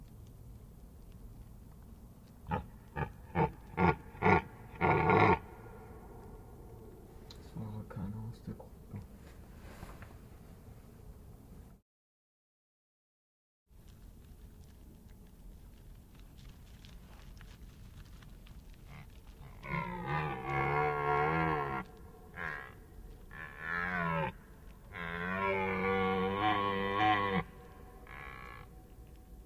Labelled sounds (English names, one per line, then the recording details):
Red Deer rut call
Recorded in the wild
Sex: male
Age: adult
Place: Schönow, Naturpark Barnim, Brandenburg, DE
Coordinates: 52.6864, 13.5158
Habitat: heath
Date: 2012-09-30 20:32
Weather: 10°C, clear, windless, full moon
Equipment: Sound Devices 702, Sennheiser MKH 415 T, Rhode Windschutz
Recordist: Frommolt, Karl-Heinz